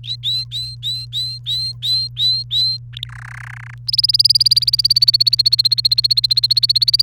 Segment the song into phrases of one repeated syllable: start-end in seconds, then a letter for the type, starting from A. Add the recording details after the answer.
0.04-2.77 A, 2.93-3.08 B, 3.09-3.74 C, 3.88-7.03 D. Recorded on 29 April 2018 at 14:39. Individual llb3